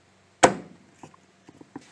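On a 2015 Jaguar F-Type R, a new plastic oil filter element is lined up on the four guides in the filter housing cap and pushed until its tangs snap into place. A sharp, loud snap lands at 0.4 s, followed by a few faint light knocks. Someone talks, and the element is seated in the cap.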